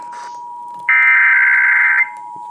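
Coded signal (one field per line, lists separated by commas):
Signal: Emergency Alert System (SAME) tones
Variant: header bursts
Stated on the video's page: Monthly EAS tests received via an EASyCAST unit.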